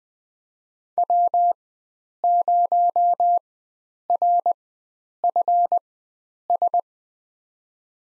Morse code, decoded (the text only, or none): W0RFS